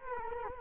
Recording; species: mosquito wingbeat signal from an infrared sensor; Culex quinquefasciatus